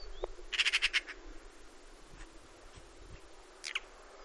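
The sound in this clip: Eurasian magpie chattering: a quick harsh rattle of about six rasping notes, then a single harsh note near the end, with faint other bird notes.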